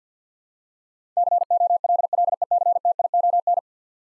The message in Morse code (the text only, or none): COLLECTION